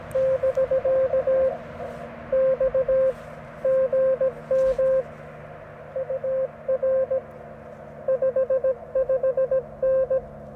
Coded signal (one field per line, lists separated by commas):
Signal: Morse code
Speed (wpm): 17 wpm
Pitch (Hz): 530 Hz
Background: radio noise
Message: <BK> X GM UR 55N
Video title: Cootie Key QRP CW! 2/3/24 @ Tuskegee National Forest K-4451